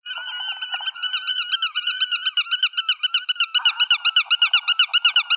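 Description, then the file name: Black-tailed godwit uttering a fast, even string of nasal, wavering notes, roughly four a second, for the whole five seconds. "audio birulaut ekorhitam"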